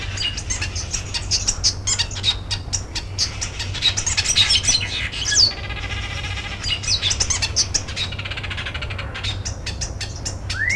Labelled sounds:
Village Weaver (Ploceus cucullatus) call

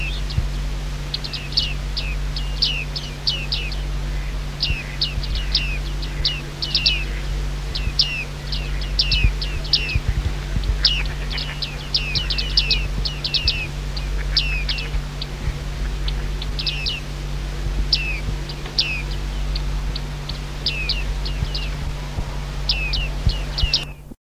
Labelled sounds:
Bearded Reedling (Panurus biarmicus) call

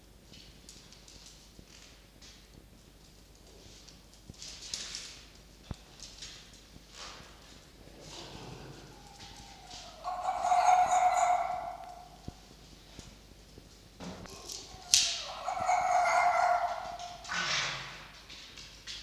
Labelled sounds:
Red Fox (Vulpes vulpes)

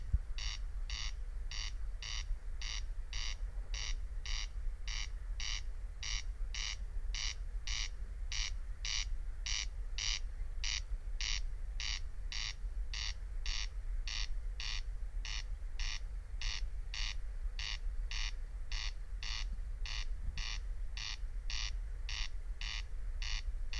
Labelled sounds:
Corn Crake (Crex crex) song

